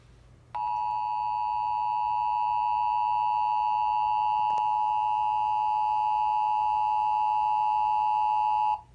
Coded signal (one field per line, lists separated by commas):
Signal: Emergency Alert System (SAME) tones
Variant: 853 and 960 Hz attention tone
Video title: Part 3 of the flooding Madness EAS#264-282 8/14/20